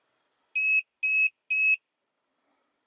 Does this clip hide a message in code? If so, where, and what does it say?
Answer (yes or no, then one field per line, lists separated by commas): no